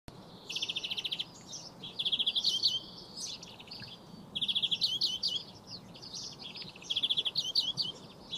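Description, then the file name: European greenfinch song: fast trilled phrases at high pitch, repeating every couple of seconds with quieter gaps between. "Chloris chloris"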